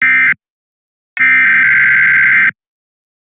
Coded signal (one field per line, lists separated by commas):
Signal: Emergency Alert System (SAME) tones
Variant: header bursts